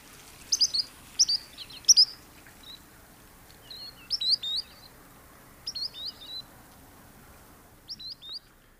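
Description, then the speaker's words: Spotted Sandpiper calls: short, sharp, high peet notes in quick clusters of two to four, with pauses between clusters. Usually calls from the water's edge or when flushed, giving simple little peet notes. "So let's listen to the call of a spotted sandpiper here."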